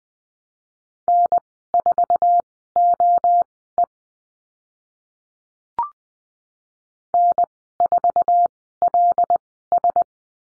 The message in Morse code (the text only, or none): N4OE N4LS